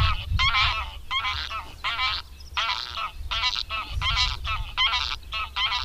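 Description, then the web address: Greylag goose calls, dense loud nasal honks and cackles with low rumbling noise underneath. "Madardalok. Nyári lúd"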